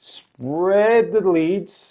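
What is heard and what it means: A plastic shower curtain ring is being handled and spread open to hook onto a curtain rod while someone talks. Only speech is heard, with no sharp snap. The ring has not yet closed or locked into place, and nothing has clicked.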